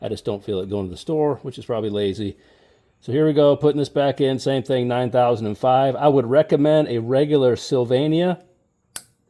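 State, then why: Seated. Someone talks while reinstalling a 9005 projector-beam headlight bulb in a Ram truck. The wiring connector is pushed onto the bulb base and clicks on at 8.9 s, a sharp, brief snap heard after the talking stops, and the connector is seated.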